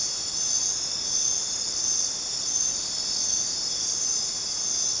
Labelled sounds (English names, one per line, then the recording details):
none
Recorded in dense forest near Puerto Asís, Putumayo, Colombia, on 29 June 2025 at 22:00
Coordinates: 0.484, -76.317
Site G045